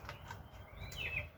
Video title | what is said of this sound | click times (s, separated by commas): Worx Cordless String Trimmer & Edger: Full Review | all you do is have to press this button here and it snaps into place | 0.1 s